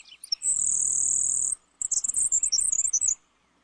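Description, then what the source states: Grasshopper Sparrow song: a few thin introductory ticks, then a long, very high insect-like buzz, followed by a sputtering run of high notes. Song is so buzzy it is easily mistaken for an insect.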